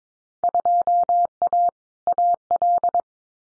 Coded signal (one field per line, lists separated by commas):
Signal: Morse code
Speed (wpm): 22 wpm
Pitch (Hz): 700 Hz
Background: none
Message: 2A AL